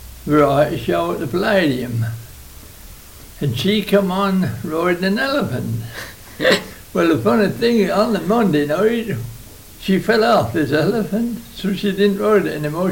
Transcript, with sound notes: variety show at the Palladium. And she came on riding an elephant! [laughs] Well the funny thing, and the Monday night, she fell off this elephant, so she didn't ride it any more.